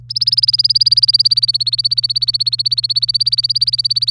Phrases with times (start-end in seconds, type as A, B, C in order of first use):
0.09-4.10 A